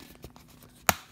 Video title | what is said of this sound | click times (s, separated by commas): Marvel Legends Complete VULTURE'S FLIGHT GEAR BAF Wings Spider-Man Homecoming Wave | snap right into place and then you have the articulation in there so you can actually | 0.9 s